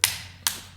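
A torque wrench tightens the next camshaft cap bolt on a cylinder head in the spiral sequence and clicks at its setting at 0.0 s and 0.5 s. Each click is a sharp, bright metallic tick that fades over a few tenths of a second, with a low steady hum underneath. The bolt is confirmed torqued to spec.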